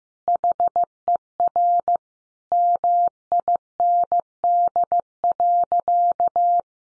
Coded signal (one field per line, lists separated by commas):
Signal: Morse code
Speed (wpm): 15 wpm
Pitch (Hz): 700 Hz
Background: none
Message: HER MIND.